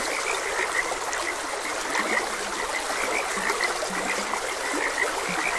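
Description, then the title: Frogs croaking, short bright notes repeated with occasional low grunts beneath, over a steady trickle of stream water. Frogs croaking beside a gentle stream. "Gentle Stream and Frogs Croaking"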